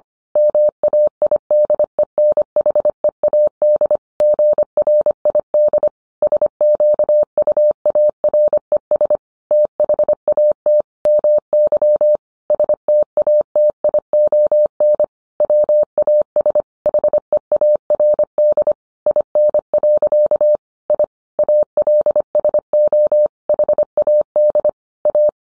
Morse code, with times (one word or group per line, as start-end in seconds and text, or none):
0.4-4.0 MAIDENHEAD
4.2-5.9 GRID
6.2-9.2 SQUARES
9.5-10.8 THAT
11.1-12.2 MY
12.5-15.0 STATION
15.4-16.6 WAS
16.9-18.7 HEARD
19.1-20.6 IN.
20.9-21.0 I
21.4-23.3 ALSO
23.5-24.7 HAD
25.1-25.3 A